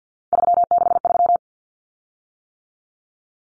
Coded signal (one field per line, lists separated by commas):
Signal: Morse code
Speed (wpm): 50 wpm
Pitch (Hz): 700 Hz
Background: none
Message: 363